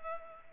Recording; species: mosquito wingbeat signal from an infrared sensor; Culex pipiens